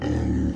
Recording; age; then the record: pig call; growing-finishing pig (85 days or more)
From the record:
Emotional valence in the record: negative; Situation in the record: barren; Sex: female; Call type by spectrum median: low-frequency call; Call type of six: low-frequency modulated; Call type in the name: low-frequency modulated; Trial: 1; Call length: 0.56 s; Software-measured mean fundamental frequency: 62 Hz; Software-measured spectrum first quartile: 105 Hz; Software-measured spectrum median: 216 Hz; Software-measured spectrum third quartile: 354 Hz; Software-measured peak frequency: 288 Hz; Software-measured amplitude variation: 166 dB a second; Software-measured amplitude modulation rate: 32.4 a second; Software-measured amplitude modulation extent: 5.1 dB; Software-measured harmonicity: -2.4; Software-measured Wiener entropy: -0.74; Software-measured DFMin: 905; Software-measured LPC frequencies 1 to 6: 289, 1843, 2994, 3950, 4977, 6037 Hz